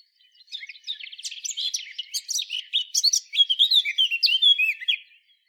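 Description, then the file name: Eurasian blackcap delivering one continuous twittering warble that grows louder and richer through the phrase, then stops abruptly. "Sylvia atricapilla"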